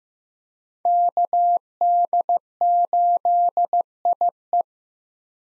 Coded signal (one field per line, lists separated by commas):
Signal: Morse code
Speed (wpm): 15 wpm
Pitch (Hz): 700 Hz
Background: none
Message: KD8IE